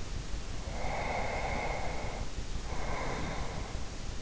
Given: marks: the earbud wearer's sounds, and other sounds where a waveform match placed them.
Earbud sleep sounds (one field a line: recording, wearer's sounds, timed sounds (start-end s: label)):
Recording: sounds in sleep by an in-ear microphone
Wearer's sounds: breath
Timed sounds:
0.72-4.05 s: breath